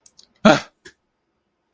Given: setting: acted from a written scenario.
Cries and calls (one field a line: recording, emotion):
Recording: vocal sound without words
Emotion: fear